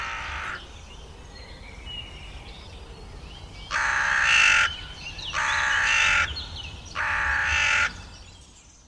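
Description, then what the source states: Hooded Crow caws: a rough caw, then after a pause three long, harsh, hoarse caws in steady succession. Noisy; announces its presence with repeated harsh, hoarse cawing.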